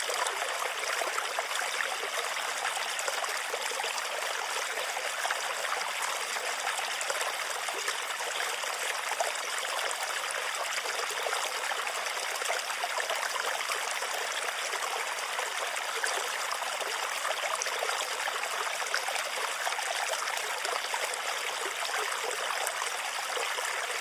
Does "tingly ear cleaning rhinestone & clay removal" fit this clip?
no